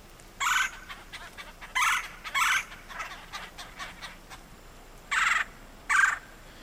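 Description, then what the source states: Red-bellied Woodpecker chirr calls: five short harsh bursts spread over several seconds, with faint tapping between them. One of the two most common calls, the queer or chirr call, with drumming mixed in; species found year-round in the listening area.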